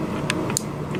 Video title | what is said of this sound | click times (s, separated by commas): Dodge Ram Gauge Cluster Bench Harness & Connector Repinning | see it just snaps into place. | 0.6 s